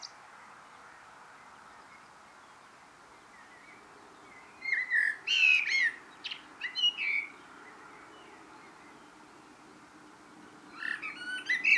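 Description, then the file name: Common blackbird calls in a brief cluster of sharp, harsh notes after a long quiet stretch, then a second short burst near the end; faint steady hiss throughout. "Turdus merula"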